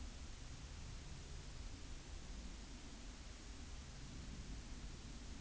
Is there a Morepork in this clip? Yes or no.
no